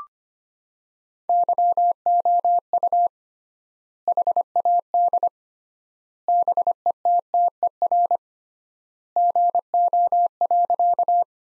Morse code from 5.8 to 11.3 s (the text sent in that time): BETTER GO.